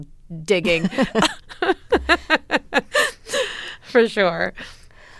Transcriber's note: laughter